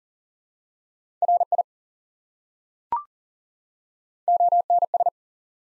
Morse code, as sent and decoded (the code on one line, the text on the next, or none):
.-. .. / --- -. ...
RI ONS